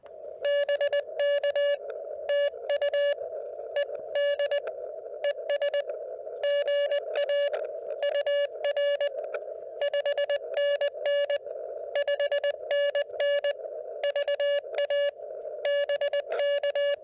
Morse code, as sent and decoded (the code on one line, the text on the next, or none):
-... -.- / - ..- / . -.. / . ... / --. .- / ..- .-. / ..... -. -. / ..... -. -. / ...- .- / -... -.-
BK TU ED ES GA UR 5NN 5NN VA BK